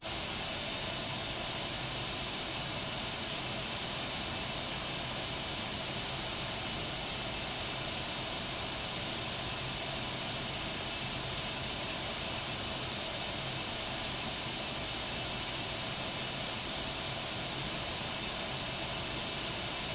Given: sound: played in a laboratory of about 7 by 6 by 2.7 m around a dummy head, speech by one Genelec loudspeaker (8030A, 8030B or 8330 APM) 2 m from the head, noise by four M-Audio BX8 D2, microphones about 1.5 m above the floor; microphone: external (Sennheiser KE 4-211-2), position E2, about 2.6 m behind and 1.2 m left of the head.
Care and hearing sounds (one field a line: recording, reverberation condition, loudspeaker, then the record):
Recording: white noise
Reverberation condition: low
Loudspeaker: four, about 170 cm from the corners of the room and facing them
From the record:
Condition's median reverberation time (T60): about 310 ms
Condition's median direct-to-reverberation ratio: about 3.5 dB